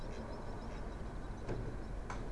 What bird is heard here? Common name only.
Mallard